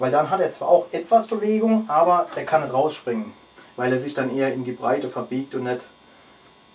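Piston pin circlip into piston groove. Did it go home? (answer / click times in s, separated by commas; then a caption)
no / none. A steel circlip is being handled for fitting into the groove of the piston pin bore on a Vespa PX 150 engine, with its eye facing the crankshaft. Someone talks throughout over a faint steady hum. Nothing has seated or clicked yet.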